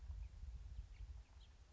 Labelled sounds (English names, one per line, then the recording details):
House Finch
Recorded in Sonoma County, California